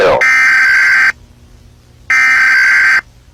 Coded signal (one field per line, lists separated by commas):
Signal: Emergency Alert System (SAME) tones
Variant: header bursts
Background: speech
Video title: EAS Project PLAYER {gorilla} (GORILLA TAG EAS ALARM NOT STOLEN)